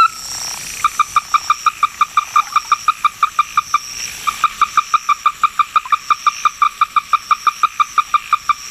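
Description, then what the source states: Ruddy-breasted Crake calls: a long, fast, even run of short, hard knocking notes, with a brief pause midway and a faint high hiss behind. Described as a bird of Hokkaido, Japan.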